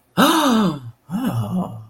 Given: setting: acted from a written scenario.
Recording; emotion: vocal sound without words; interest